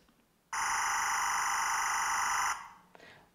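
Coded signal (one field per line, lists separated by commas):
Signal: timecode audio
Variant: SMPTE LTC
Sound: a harsh, steady buzzing screech lasting about two seconds, then it stops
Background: small room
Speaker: that will play it out of my speakers it will sound something like this not a nice sound but that is an LTC timecode audio file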